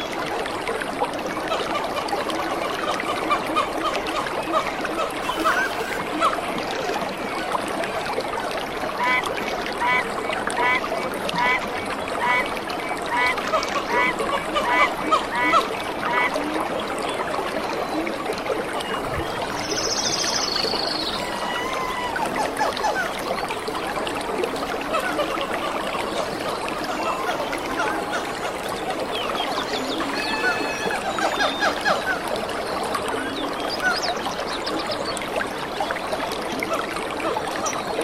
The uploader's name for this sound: The rainforest